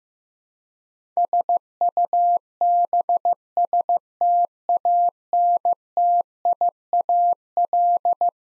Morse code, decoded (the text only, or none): SUBSTANTIAL